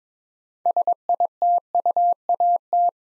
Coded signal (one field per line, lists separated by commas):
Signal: Morse code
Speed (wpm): 22 wpm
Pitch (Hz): 700 Hz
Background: none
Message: SITUAT